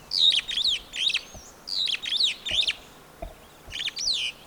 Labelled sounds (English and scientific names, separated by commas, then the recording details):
Superb Starling (Lamprotornis superbus) flight call
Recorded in Kenya